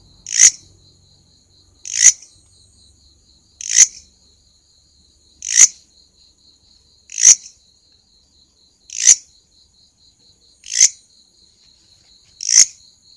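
Grasshopper producing a regular series of short rasping buzzes, evenly spaced, over a faint steady high hum.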